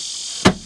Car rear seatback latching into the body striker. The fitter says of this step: Make sure they click into place.